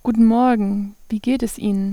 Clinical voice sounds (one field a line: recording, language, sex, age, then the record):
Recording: spoken sentence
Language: German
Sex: female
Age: 20 to 29 years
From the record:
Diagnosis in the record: healthy voice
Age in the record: 26 years